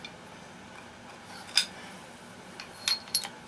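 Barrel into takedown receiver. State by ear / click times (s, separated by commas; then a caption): seated / 3.2 s. A barrel is fitted into a takedown receiver, guided by a locating pin and groove. Light metallic clinks and scrapes are heard at about 1.6, 2.6 and 2.9 seconds. A sharp metallic click at 3.2 seconds marks the barrel locking into the receiver under spring load.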